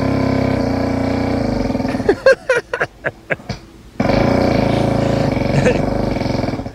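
Adult man, sleeping. Loud, jackhammer-like snoring that goes beyond a classic snore, broken briefly by a few short bursts before it resumes. It happens on a regular basis, and he cannot recreate the noise while awake.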